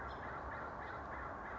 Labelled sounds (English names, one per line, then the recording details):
House Finch
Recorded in Sonoma County, California